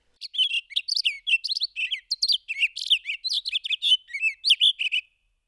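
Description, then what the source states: Townsend's solitaire singing a long, rambling warble of rapid, varied high notes, tumbling and jumbled without pause for nearly five seconds on a quiet background. Song heard on a Rocky Mountain hike in summer.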